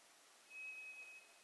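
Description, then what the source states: White's thrush producing a lone, thin, even-pitched whistle of under a second over soft background noise. Recorded 2 July 2007.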